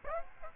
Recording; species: mosquito wingbeat signal from an infrared sensor; Aedes aegypti